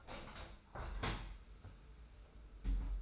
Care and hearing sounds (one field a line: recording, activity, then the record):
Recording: daily activity, microphone in the room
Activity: open window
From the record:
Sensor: 2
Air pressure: 991.2 hPa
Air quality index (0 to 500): 137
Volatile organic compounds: 208 ppm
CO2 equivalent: 4238 ppm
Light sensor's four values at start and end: 38/109/43/41 and 37/108/43/41